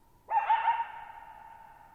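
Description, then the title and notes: Coyote utters one wavering, yelping bark with several quick wobbles, its sound hanging and fading for over a second afterward. Lone coyote at night, July 14, 2019, Thirtymile Meadows, Okanogan National Forest, Okanogan High Country, 6400 ft (1950 m); tall sharp mountains on a high, mostly dry plateau; shallow bowl-shaped meadow, boggy ground. "Lone Coyote at Thirtymile Meadows. I spent the night of July 14, 2019, camped near Thirtymile Meadows in the Okanogan National Forest at 6400 ft (1950 m)"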